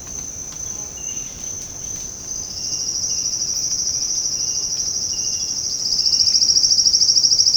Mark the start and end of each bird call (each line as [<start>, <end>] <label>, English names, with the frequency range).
[2.41, 7.56] Silvered Antbird (3.7-10.0 kHz)